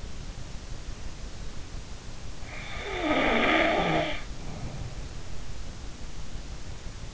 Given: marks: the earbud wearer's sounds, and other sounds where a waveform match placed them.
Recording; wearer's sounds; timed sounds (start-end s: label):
sounds in sleep by an in-ear microphone; snoring breath
2.55-4.86 s: snoring breath